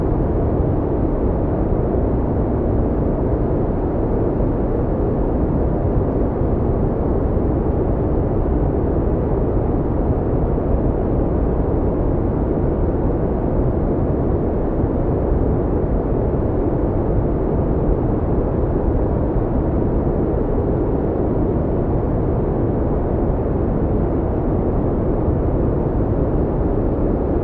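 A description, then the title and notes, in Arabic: Brown noise with a deep, warm tone, steady and unchanging for the whole length. The sound is dense and weighted heavily toward the low end, a soft rumbling hiss with little brightness and no separate events, holding a constant level throughout. ضوضاء بنية. الضوضاء البنية لها نغمة أعمق وأكثر دفئًا.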